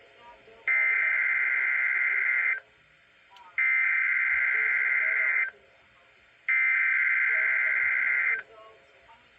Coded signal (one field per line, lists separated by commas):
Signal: Emergency Alert System (SAME) tones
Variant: header bursts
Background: speech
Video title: A Noice Weekly test while camping #EAS 42